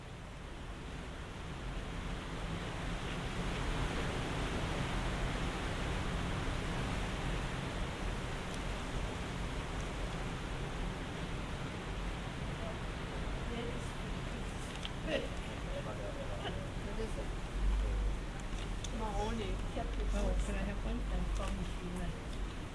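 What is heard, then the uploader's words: An outdoor morning scene at a Buddhist monastery, with a steady wash of low rumbling background noise and voices murmuring throughout. After about fifteen seconds, brighter clicks and short taps appear, and a soft thump lands near eighteen seconds, with more small sounds toward the end. Binaural production. Binaural soundscapes recorded in Feldkirch (Vorarlberg, Austria). Morning scene at a Buddhist monastery with a monk walking around a stupa.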